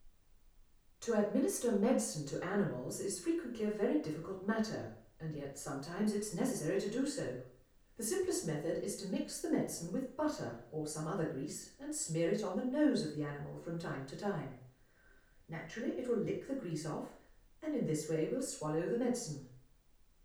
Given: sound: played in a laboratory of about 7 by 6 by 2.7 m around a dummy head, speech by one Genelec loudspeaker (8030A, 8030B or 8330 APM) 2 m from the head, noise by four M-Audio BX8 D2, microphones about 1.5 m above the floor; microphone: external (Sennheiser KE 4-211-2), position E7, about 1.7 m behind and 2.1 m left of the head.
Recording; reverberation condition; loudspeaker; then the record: female speech in English; medium; 30 degrees to the left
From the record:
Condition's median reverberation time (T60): about 510 ms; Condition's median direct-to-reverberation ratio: about -0.5 dB